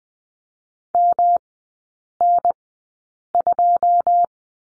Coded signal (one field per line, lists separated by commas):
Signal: Morse code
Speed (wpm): 20 wpm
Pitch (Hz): 700 Hz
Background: none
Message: MN2